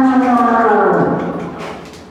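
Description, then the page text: Brown bear giving one long, strained roar with a falling, tonal pitch that fades out over about two seconds. Captive brown bear roaring at a zoo in Madrid, Spain. "Zoo de Madrid: oso pardo rugiendo"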